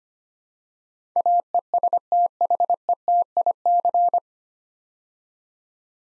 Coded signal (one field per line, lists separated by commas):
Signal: Morse code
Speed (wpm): 25 wpm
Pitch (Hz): 700 Hz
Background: none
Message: AESTHETIC